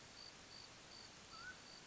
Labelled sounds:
Mountain Quail
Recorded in Sonoma County, California

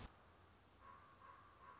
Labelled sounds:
Common Raven
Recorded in Sonoma County, California

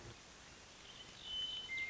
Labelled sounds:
Western Meadowlark
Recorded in Sonoma County, California

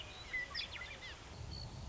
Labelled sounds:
Western Meadowlark
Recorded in Sonoma County, California

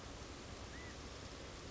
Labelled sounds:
California Quail
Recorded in Sonoma County, California

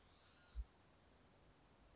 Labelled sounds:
California Towhee
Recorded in Sonoma County, California

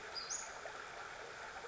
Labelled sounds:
Western Flycatcher
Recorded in Sonoma County, California

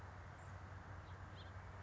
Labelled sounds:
House Finch
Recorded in Sonoma County, California

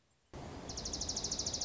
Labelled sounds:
Dark-eyed Junco
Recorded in Sonoma County, California

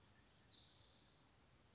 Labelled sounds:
Spotted Towhee
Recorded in Sonoma County, California

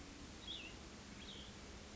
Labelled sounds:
Cassin's Vireo
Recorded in Sonoma County, California

